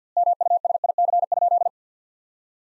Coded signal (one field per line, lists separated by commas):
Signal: Morse code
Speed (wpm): 50 wpm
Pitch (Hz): 700 Hz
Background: none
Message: MUSIC?